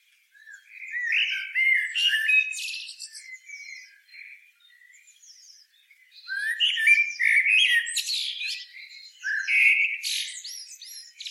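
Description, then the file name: Common blackbird singing three phrases, each a low flowing warble tailing into sharp, high-pitched squeaks, with quiet gaps between. "Turdus merula"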